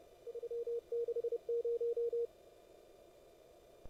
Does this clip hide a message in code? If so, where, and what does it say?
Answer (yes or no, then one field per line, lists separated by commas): yes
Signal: Morse code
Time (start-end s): 0.3-2.3 s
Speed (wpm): 30 wpm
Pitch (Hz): 470 Hz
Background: none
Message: 360